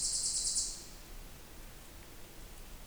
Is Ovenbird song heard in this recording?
no